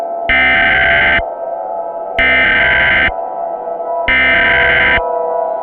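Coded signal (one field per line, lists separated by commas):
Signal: Emergency Alert System (SAME) tones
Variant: header bursts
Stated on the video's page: Fictional EAS scenario of a nuclear anti-matter attack, an alternative-timeline recreation.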